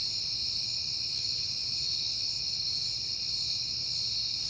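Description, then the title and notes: Crickets chirping in an even, unbroken high-pitched drone with a faint low rumble beneath. Recorded on a peaceful September night. "Night Time: Crickets and Passing Cars. It is September and I have been hearing the crickets a lot, but finally had a peaceful night to make the recording"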